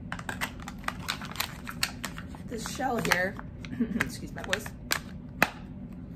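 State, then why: Seated. A filled breast milk storage pouch with its twist cap is pushed into a plastic feeding bottle shell while someone talks, with a series of sharp clicks and handling sounds throughout. The pouch snaps home into the shell with a loud snap at 5.4 s, showing it is seated.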